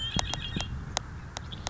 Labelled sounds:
Red-winged Blackbird
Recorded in Sonoma County, California

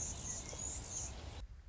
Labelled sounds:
Anna's Hummingbird
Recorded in Sonoma County, California

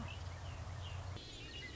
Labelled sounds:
Red-winged Blackbird
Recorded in Sonoma County, California

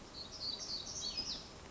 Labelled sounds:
Black-throated Gray Warbler
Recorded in Sonoma County, California

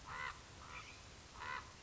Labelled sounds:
Common Raven
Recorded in Sonoma County, California

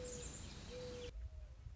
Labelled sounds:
Mourning Dove
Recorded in Sonoma County, California

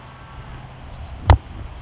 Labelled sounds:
California Towhee
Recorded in Sonoma County, California

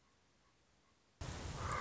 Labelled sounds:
Common Raven
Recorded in Sonoma County, California

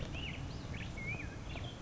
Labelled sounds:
Black-headed Grosbeak
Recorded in Sonoma County, California

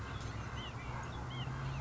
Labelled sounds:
White-breasted Nuthatch
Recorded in Sonoma County, California

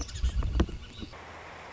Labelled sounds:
Northern Flicker
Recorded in Sonoma County, California

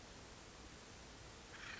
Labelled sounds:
Acorn Woodpecker
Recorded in Sonoma County, California

